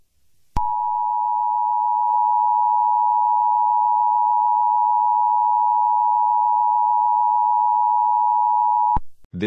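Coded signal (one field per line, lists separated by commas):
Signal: Emergency Alert System (SAME) tones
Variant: 853 and 960 Hz attention tone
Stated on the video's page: Fictional simulated EAS scenario.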